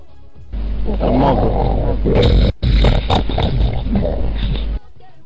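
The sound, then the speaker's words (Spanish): A big cat roars loudly, a deep, rough, growling bellow lasting about four seconds with one brief break in the middle. There is no talking over it. “Este es un gato. Grande, grande.”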